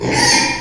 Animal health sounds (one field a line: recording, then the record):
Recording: squeal of a Yucatan mini pig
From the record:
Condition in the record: before surgery on the right vocal fold (resection and tissue-engineered implant)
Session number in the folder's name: 2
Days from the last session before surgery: 0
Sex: male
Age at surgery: 12 weeks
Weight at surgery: 13 kg